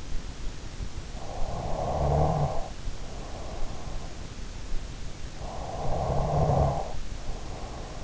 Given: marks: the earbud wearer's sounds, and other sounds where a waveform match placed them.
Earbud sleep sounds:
sounds in sleep by an in-ear microphone; snoring breath
0.66-3.53 s: snoring breath
2.91-3.67 s: sound from someone else or the room
4.79-8.04 s: snoring breath

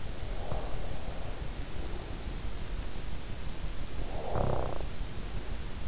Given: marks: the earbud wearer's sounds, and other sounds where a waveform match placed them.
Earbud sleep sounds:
sounds in sleep by an in-ear microphone; breath, snoring breath
0.06-2.41 s: breath
3.47-5.07 s: snoring breath

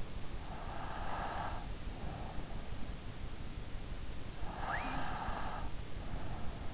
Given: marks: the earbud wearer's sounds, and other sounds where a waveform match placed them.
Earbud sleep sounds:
sounds in sleep by an in-ear microphone; breath, snoring breath
0.62-2.50 s: breath
4.32-6.74 s: snoring breath

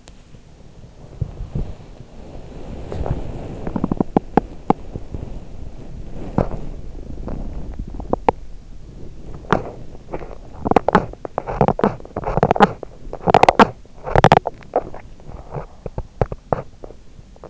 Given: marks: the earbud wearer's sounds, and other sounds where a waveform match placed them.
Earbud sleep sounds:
sounds in sleep by an in-ear microphone; teeth grinding, body movement
0.00-0.28 s: teeth grinding
0.28-8.62 s: body movement
3.59-4.91 s: teeth grinding
6.17-6.65 s: teeth grinding
8.62-17.50 s: teeth grinding

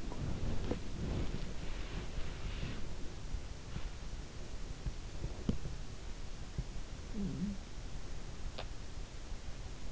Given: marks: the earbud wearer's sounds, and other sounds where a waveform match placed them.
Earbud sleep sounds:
sounds in sleep by an in-ear microphone; body movement
0.00-3.17 s: body movement
3.80-7.79 s: sound from someone else or the room

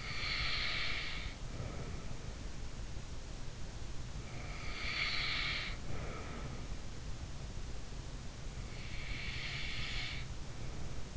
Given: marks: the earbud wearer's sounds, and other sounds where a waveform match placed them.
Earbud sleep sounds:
sounds in sleep by an in-ear microphone; breath
0.00-2.48 s: breath
4.25-7.15 s: breath
8.80-11.17 s: breath

